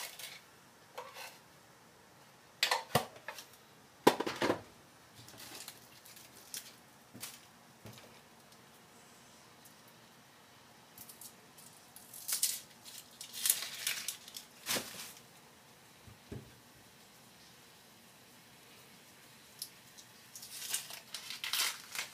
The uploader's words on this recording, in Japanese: 環境音 弁当用につくりおき。